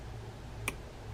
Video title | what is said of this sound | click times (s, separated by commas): TICA Striper LE300 Caiman fishing reel how to take apart and service | There we go. Sometimes you can hear that click when that thing falls in its track if you reverse that nut, | 0.7 s